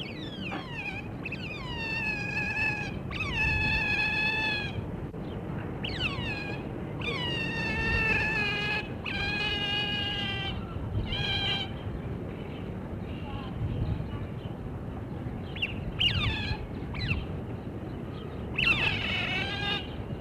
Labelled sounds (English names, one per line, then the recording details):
European Otter call
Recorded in captivity
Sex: male
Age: juvenile
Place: Tierpark Berlin, Berlin, DE
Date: 1963-04-07
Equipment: Minifon, Kopie Smaragd
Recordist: TSA
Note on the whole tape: halbwüchsig, Männchen: diverse Lautformen